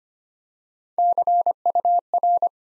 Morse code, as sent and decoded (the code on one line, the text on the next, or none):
-.-. ..- .-.
CUR